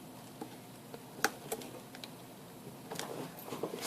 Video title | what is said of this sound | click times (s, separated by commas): How to change screen on iphone 6. Iphone screen replacement. | force it snap into place | 1.2 s